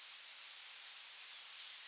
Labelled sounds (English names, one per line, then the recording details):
Yellowhammer song
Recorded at under 5 m from the bird
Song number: 041